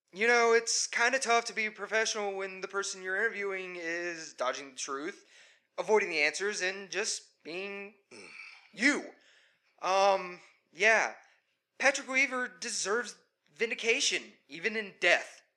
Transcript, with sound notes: You know, it's kind of tough to be professional when the person you're interviewing is dodging the truth, avoiding the answers, and just being- (sigh) -you. Umm, yea- Patrick Weaver deserves vindication, even in death.